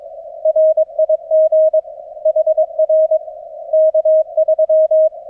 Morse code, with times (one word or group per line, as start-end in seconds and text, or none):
0.5-1.8 RIG
2.3-3.2 HR
3.7-5.1 K3